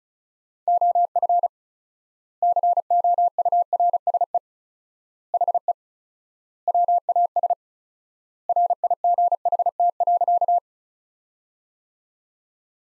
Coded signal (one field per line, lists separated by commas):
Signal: Morse code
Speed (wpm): 36 wpm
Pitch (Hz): 700 Hz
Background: none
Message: OF COURSE HE WAS RIGHT.